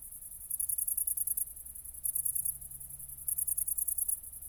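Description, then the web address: Cricket giving three bursts of quick high-pitched pulses, separated by quiet gaps, over low hum. Recorded at night, around 00:53, on 4 August 2014 at Nordring, Kirchmöser, Brandenburg, Germany. "aporee City Country Me Brandenburg Kirchmoeser Nordring Grillen 201408040053 OLBIN"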